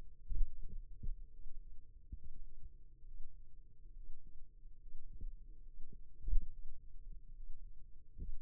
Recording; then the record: forearm muscle sounds (acoustic myography)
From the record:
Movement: finger pinch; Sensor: system 2, bracelet of six BSWA MPA416 microphones around the upper forearm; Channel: 6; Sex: male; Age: 22 years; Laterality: right